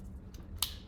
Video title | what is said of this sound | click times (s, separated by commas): Recording at the NYYS Studio | push until you hear that snap okay and you know it shouldn't come out | 0.6 s